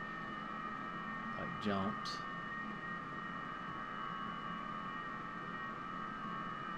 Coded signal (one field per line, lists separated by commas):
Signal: FT8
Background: speech